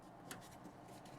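A plastic engine cover on a 2013–2020 Ford Fusion 2.0 L4 is lined up and pushed down onto its mounting grommets. A single sharp snap sounds at 0.3 s over a steady low background. The cover is seated, and it feels good.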